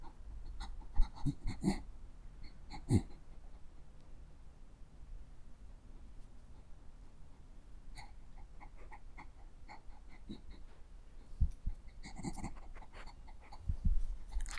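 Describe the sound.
Dog sniffing: scattered bursts of quick sniffs and snorts over a long quiet stretch, busier near the start and end.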